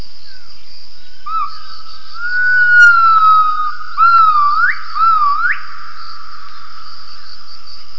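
Gibbon calling with a clear, sustained whistled tone that wavers slightly, then two quick upward-swooping notes.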